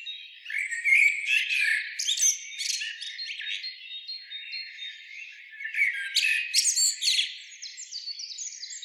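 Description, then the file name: Common blackbird giving harsh squawking and twittery chatter, with sharp clicks and thin high notes in two busy phrases and a softer stretch between them. "Turdus merula"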